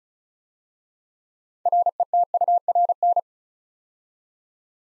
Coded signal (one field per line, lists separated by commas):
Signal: Morse code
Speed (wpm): 34 wpm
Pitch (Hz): 700 Hz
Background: none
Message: RETURN